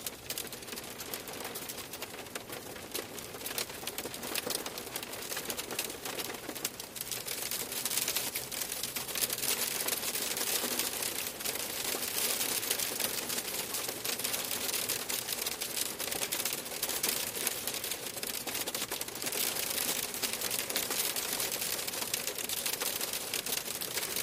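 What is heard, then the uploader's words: Freezing rain patters against a window pane in a dense, steady stream of tiny, bright ticks and taps that run without pause for the whole stretch. The sound stays crisp, with a soft, even hiss beneath and no other noises. Freezing Rain Against the Window. The pitter patter of frozen droplets against cold glass.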